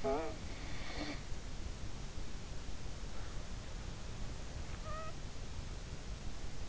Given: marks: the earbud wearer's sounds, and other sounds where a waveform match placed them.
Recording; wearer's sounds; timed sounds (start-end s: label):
sounds in sleep by an in-ear microphone; snoring breath
0.00-1.26 s: snoring breath
4.77-5.31 s: snoring breath